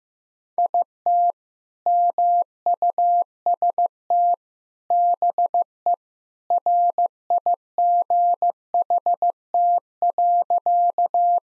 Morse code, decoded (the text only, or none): IT MUST BE RIGHT.